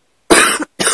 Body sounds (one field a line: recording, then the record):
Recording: coughing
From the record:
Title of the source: 30 Chesty and wet cough